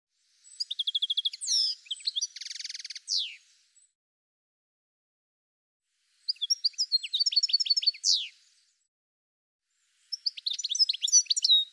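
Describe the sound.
Bird calling in three separate bursts of rapid high chirps and trills, with a buzzy rattling patch in the first burst and silent gaps between.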